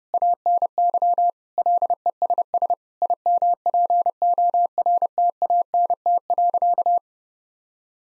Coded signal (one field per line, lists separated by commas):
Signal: Morse code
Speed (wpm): 32 wpm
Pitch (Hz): 700 Hz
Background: none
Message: ANY LESS IMPORTANT.